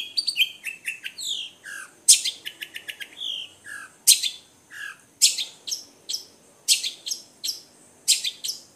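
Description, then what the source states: Long-tailed shrike song, a rapid varied medley of high chirps, sweeping downslurred whistles and quick trilled bursts, delivered in short phrases with brief pauses. Combination song.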